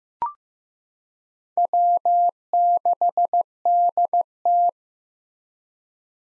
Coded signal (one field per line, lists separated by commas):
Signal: Morse code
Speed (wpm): 15 wpm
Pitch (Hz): 700 Hz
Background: none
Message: W6DT